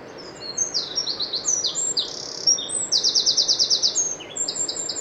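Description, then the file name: Eurasian wren song: rapid, shrill warbling with quick trills of evenly spaced, high notes, delivered in one vigorous, continuous outburst. "Troglodytes troglodytes"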